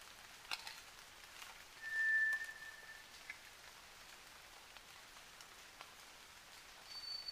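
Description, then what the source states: White's thrush song: a long, thin low whistle, followed near the end by the start of a higher-pitched whistle. At night, 29 June 2009, 23:14.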